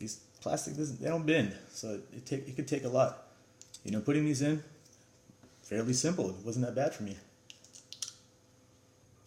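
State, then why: Seated. Someone talks while pressing a clear plastic aligner tray onto the lower teeth. After the talking stops, a cluster of small clicks follows, and the tray snaps into place with sharp clicks at 7.9 and 8.0 seconds, seating on the bottom teeth.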